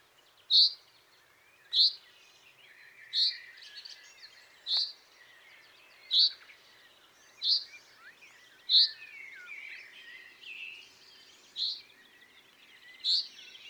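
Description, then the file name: Common chaffinch giving a series of brief, bright, high call notes at fairly even intervals, with softer twittering in the background. "Fringilla coelebs"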